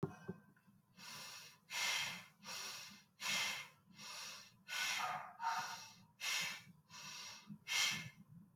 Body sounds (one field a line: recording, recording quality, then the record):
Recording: shallow breathing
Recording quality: excellent, no background noise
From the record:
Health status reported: healthy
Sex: male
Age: 23 years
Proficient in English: yes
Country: India